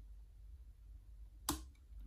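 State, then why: Seated. A Lishi pick lifts a pin tumbler further inside a door lock cylinder, and after quiet low background hum a single sharp, bright click sounds at 1.5 s. This is the second click, and the pin is set, confirmed by its spring-back.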